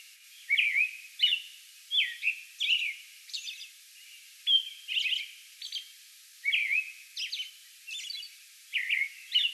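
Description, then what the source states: American robin singing a string of warbling phrases with thin high notes, at a brisk, fairly even pace. Song bout recorded May 11.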